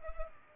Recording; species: mosquito wingbeat signal from an infrared sensor; Culex pipiens